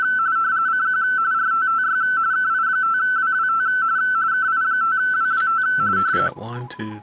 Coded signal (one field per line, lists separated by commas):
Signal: RTTY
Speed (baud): 45.45 baud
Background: speech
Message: CQ RTTY KI5WWT KI5WWT